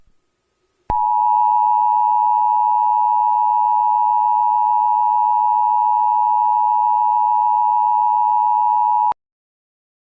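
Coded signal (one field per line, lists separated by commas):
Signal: Emergency Alert System (SAME) tones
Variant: 853 and 960 Hz attention tone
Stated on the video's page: Fictional EAS scenario, not a real alert.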